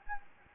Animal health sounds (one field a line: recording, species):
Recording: mosquito wingbeat signal from an infrared sensor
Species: Anopheles gambiae